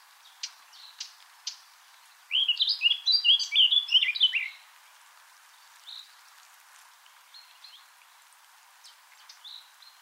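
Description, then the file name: Eurasian blackcap song: a few sharp ticks, then a two-second burst of rich, fast warbling notes, followed by scattered soft chirps. "Sylvia atricapilla"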